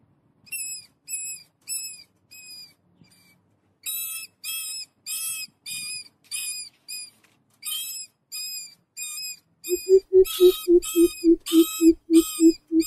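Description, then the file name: Greater coucal: a rapid string of deep booming hoots closes the sequence, after about ten seconds of high squeaky harmonic notes repeated in bursts. "tieng bim bip keu tieng chuot"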